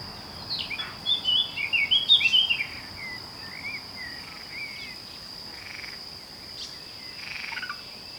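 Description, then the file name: Eurasian blackcap singing a quick warbled phrase of clear, fluty notes early on, then fainter scattered notes, over a steady high-pitched insect-like drone. "Sylvia atricapilla"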